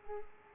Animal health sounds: mosquito wingbeat signal from an infrared sensor; Culex pipiens

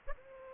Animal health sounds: mosquito wingbeat signal from an infrared sensor; Aedes aegypti

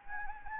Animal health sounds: mosquito wingbeat signal from an infrared sensor; Anopheles gambiae

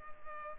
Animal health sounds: mosquito wingbeat signal from an infrared sensor; Culex pipiens

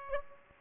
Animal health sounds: mosquito wingbeat signal from an infrared sensor; Aedes aegypti

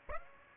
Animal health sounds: mosquito wingbeat signal from an infrared sensor; Aedes aegypti

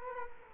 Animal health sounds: mosquito wingbeat signal from an infrared sensor; Culex quinquefasciatus

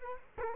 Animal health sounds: mosquito wingbeat signal from an infrared sensor; Culex quinquefasciatus

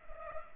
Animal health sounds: mosquito wingbeat signal from an infrared sensor; Culex pipiens

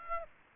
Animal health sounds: mosquito wingbeat signal from an infrared sensor; Aedes aegypti

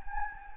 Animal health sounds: mosquito wingbeat signal from an infrared sensor; Anopheles gambiae

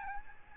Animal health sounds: mosquito wingbeat signal from an infrared sensor; Aedes albopictus

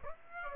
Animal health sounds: mosquito wingbeat signal from an infrared sensor; Aedes aegypti

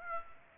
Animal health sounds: mosquito wingbeat signal from an infrared sensor; Aedes aegypti

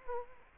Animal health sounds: mosquito wingbeat signal from an infrared sensor; Culex quinquefasciatus

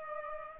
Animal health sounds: mosquito wingbeat signal from an infrared sensor; Culex pipiens

